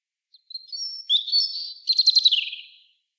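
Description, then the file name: European robin song: faint thin notes leading into level high whistles, then a quick pulsing trill that ends lower and softer. "Erithacus rubecula"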